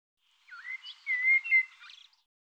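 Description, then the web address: Bird song in a brief phrase opening with chirps, then a long level whistled note, ending in soft twitters. "cianscape birddata Deverinetal 2025 Bird Tu Me Tu Me"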